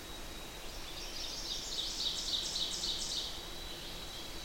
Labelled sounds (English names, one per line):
Ovenbird song